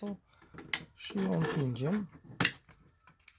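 Someone talks while a cardboard panel or tab is pushed into an assembled cardboard box, with a few short sharp handling sounds, the loudest near 2.4 s. Nothing has seated or clicked yet; the clip ends before the part goes home.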